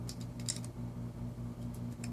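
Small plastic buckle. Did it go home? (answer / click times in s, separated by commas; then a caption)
yes / 0.5 s. A plastic quick-release mount buckle for a GoPro Hero 3 Black Edition action camera slides into its adhesive base mount over a steady low hum, with several small plastic ticks between 0.1 and 0.6 s and another at 2.0 s. The sharpest click at 0.5 s is where the buckle locks into place, fully seated.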